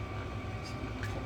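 The plastic fuel return (leak-off) connector is pushed onto the number 1 diesel injector of a Kia Sportage 1.7 diesel after several failed tries, over a steady low hum. A short, sharp click at 1.0 s marks the connector seating on the injector.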